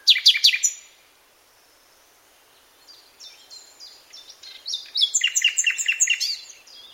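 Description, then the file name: Common nightingale delivering loud, rapid rattling notes, falling silent for about two seconds, then building from soft chips into a fast, varied chattering phrase. "Luscinia megarhynchos"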